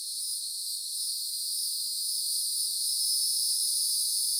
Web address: GDC 2019-Game Audio Bundle Sound Spark LLC – FOREST AMBIENCE 1 CENTRAL FLORIDA Upland Hardwoods Green Mountain Nature Forest Cicadas Isolated